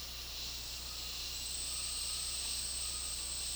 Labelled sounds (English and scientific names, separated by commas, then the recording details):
none
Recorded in dense forest near Puerto Asís, Putumayo, Colombia, on 24 March 2025 at 11:00
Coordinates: 0.503, -76.323
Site GP09